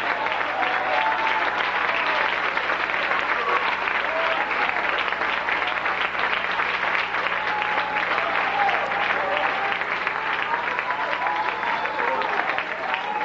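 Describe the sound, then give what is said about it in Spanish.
Sustained applause from a large crowd, given as praise to heaven, a dense, steady wash of clapping at constant loudness for over ten seconds, with faint voices blending into the noise. “Un aplauso grande a cielo.”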